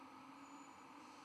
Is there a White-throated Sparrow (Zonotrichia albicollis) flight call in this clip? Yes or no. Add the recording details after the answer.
no. No flight call is heard. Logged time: 00:02 on 12 November 2014